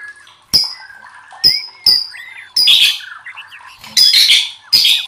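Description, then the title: White-rumped shama song: loud bursts of sharp whistles and harsh buzzy phrases, separated by quieter rising whistled notes and soft twittering. Training recording (masteran) used to teach song to caged birds; titled labaik. "MURAI BATU LABAIK"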